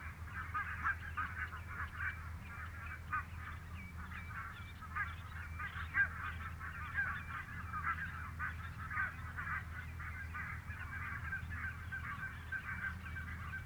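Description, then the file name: Barnacle goose flock giving a dense, continuous chorus of high yapping calls, many birds overlapping without pause, with a steady low rumble underneath. "valkoposkihanhi"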